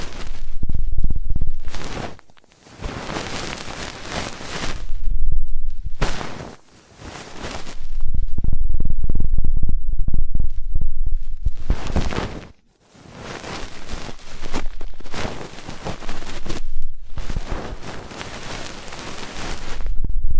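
Intense ear cleaning sounds: loud bursts of scratchy rustling and scraping, each lasting a few seconds, with brief near-silent breaks around the second, sixth and twelfth seconds. The texture is dense and crackly, spreading from deep rumble up to hissy highs.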